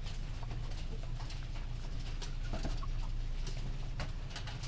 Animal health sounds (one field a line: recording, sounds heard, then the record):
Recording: poultry house recording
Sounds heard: healthy chickens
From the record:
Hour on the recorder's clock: 19